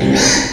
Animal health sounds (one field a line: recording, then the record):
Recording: squeal of a Yucatan mini pig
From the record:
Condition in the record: before surgery on the right vocal fold (resection and tissue-engineered implant)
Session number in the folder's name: 2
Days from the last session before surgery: 0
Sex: male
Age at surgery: 12 weeks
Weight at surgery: 13 kg